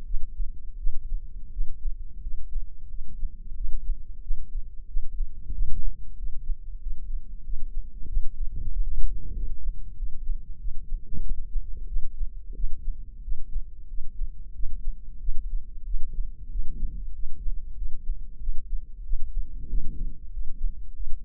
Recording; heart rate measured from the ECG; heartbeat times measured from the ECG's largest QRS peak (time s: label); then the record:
heart sounds by microphone in the left ear; 92 bpm
0.05 s: heartbeat
0.77 s: heartbeat
1.51 s: heartbeat
2.22 s: heartbeat
2.89 s: heartbeat
3.56 s: heartbeat
4.22 s: heartbeat
4.87 s: heartbeat
5.53 s: heartbeat
6.17 s: heartbeat
6.81 s: heartbeat
7.44 s: heartbeat
8.08 s: heartbeat
8.71 s: heartbeat
9.35 s: heartbeat
9.97 s: heartbeat
10.59 s: heartbeat
11.22 s: heartbeat
11.87 s: heartbeat
12.55 s: heartbeat
13.23 s: heartbeat
13.89 s: heartbeat
14.54 s: heartbeat
15.20 s: heartbeat
15.85 s: heartbeat
16.50 s: heartbeat
17.14 s: heartbeat
17.77 s: heartbeat
18.40 s: heartbeat
19.04 s: heartbeat
19.69 s: heartbeat
20.32 s: heartbeat
20.95 s: heartbeat
From the record:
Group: healthy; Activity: rest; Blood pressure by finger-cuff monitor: 170/88 mmHg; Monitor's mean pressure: 109 mmHg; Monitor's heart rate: 92 bpm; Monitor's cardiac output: 9.1 L/min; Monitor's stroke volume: 102 mL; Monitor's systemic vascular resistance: 870 dyn s/cm5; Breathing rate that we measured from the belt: 17 breaths a minute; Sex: male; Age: 57 years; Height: 188 cm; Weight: 106 kg